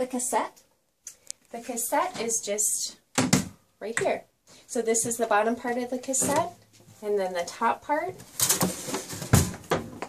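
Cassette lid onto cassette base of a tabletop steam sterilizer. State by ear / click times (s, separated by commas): seated / 10.0 s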